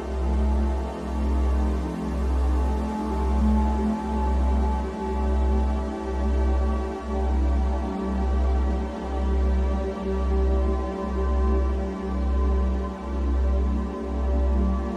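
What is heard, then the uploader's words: Binaural beat meditation music: a deep, steady low drone pulses in slow, even swells, about once per second throughout. Above it sit sustained, unchanging tones in the low and middle range, with a faint soft hiss on top. Nothing else breaks the continuous sound. The Best Binaural Beat Meditation Music To Help You Fall Asleep.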